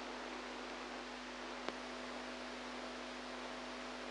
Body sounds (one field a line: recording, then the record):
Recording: brain microelectrode recording played as sound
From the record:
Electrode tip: outside the subthalamic nucleus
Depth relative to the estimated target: 2 mm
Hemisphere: right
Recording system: NeuroSet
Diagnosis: Parkinson's disease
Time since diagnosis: 8 years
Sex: female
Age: 45 years